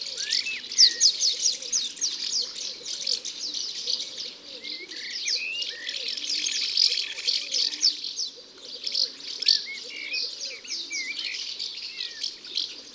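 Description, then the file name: Common house martin twitter, busy scratchy chirps and brief rising notes with a short lull near the middle, soft low cooing under it. "Hirondelle de fenetre ABC des chants doiseaux"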